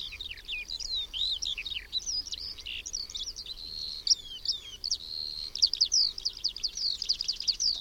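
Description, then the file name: Eurasian skylark song: a continuous high, jumbled flow of chirps and buzzy trills over a faint background hiss, with brief louder trilled bursts later on. "SKOWRONEK"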